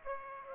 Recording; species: mosquito wingbeat signal from an infrared sensor; Aedes aegypti